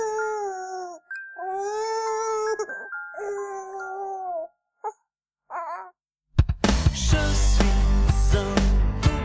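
An infant wails in three drawn-out, high-pitched cries, each wavering and falling in pitch, followed by a few short whimpers before loud full-band music suddenly bursts in.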